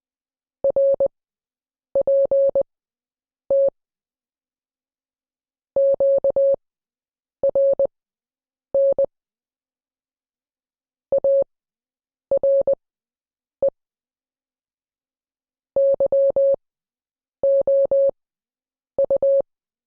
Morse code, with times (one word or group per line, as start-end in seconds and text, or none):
0.6-3.7 RPT
5.8-9.0 QRN
11.1-13.7 ARE
15.8-19.4 YOU